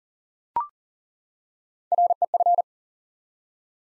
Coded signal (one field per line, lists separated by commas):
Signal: Morse code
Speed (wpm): 39 wpm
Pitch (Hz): 700 Hz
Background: none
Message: REF